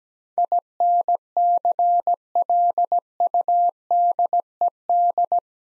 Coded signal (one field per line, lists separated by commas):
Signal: Morse code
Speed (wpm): 17 wpm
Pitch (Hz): 700 Hz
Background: none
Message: INCLUDED